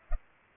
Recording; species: mosquito wingbeat signal from an infrared sensor; Culex pipiens